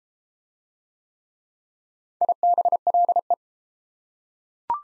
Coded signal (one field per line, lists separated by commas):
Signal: Morse code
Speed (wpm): 28 wpm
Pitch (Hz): 700 Hz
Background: none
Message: IBLE